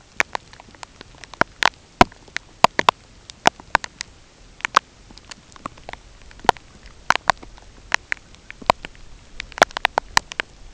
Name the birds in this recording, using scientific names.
none